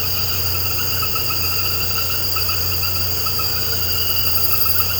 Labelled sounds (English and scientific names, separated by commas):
none